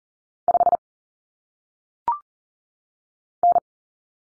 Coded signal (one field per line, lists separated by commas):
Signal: Morse code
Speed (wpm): 40 wpm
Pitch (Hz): 700 Hz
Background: none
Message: 5 N